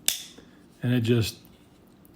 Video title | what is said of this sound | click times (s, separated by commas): Cold Steel Tuff Lite | nice solid click. You can tell that thing's locked. | 0.1 s